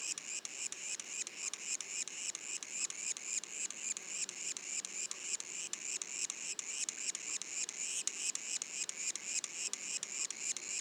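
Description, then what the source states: Yellow-bellied sapsucker juveniles call in a steady, fast series of high, harsh squeaky notes, roughly three or four per second, continuing without pause. Juveniles, recorded in Mont-Orford National Park, Quebec; mono recording.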